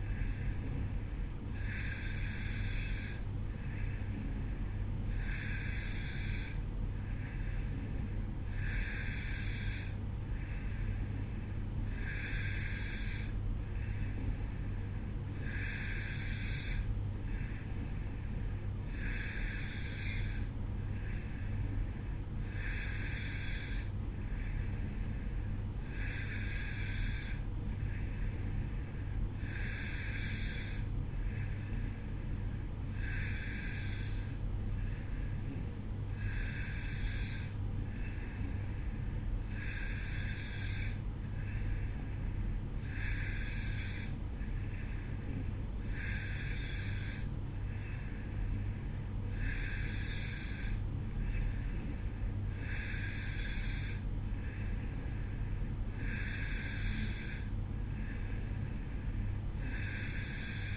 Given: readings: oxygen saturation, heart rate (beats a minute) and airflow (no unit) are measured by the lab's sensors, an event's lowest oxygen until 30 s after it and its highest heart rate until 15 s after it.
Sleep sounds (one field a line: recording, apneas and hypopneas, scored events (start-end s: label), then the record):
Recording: breathing in sleep by a smartphone at the bedside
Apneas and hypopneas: none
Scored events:
none scored
From the record:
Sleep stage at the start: N2 (light sleep)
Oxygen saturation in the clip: 91 to 92%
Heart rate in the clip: 55 to 58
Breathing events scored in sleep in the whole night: 305 in 9.6 hours asleep